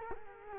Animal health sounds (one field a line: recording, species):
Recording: mosquito wingbeat signal from an infrared sensor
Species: Culex quinquefasciatus